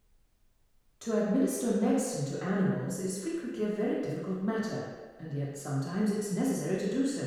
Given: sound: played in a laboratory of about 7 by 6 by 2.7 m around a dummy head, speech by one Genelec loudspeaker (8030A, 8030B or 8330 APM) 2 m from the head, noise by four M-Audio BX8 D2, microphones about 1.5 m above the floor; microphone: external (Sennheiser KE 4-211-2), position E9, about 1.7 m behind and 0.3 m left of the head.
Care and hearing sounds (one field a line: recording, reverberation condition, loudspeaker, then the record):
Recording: female speech in English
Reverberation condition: high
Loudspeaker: 120 degrees to the left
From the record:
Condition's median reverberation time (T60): about 1300 ms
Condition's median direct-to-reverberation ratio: about -4.0 dB